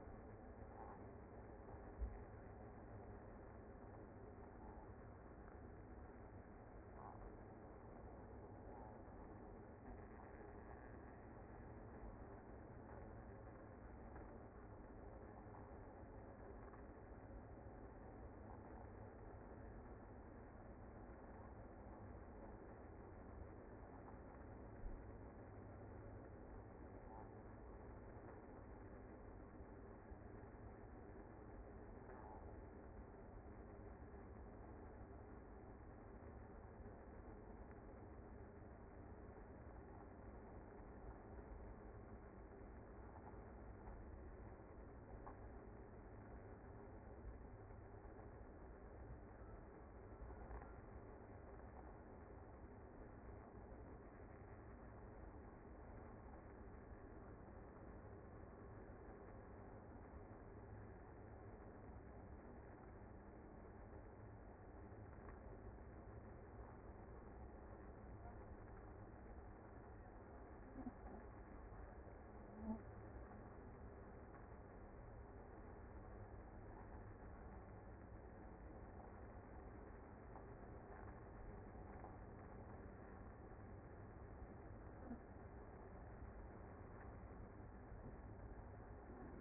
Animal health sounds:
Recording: honeybee colony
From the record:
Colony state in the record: active

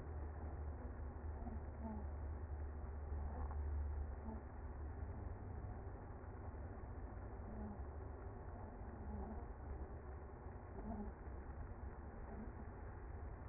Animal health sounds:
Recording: honeybee colony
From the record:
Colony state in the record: active

